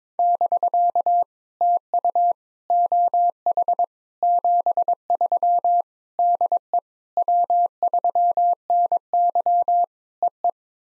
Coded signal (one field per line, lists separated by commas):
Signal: Morse code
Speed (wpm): 22 wpm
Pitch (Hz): 700 Hz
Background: none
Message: <BK> TU OH 73 DE W3NY EE